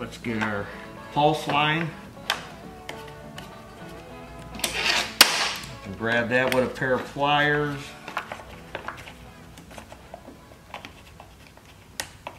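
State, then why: Seated. A rubber pulse line on a garbage-picked chainsaw is grabbed with pliers and pulled through its hole in the crankcase/tank housing. Someone talks over music and scattered small clicks and taps. The line's grommet snaps into place with a sharp click at 12.0 s.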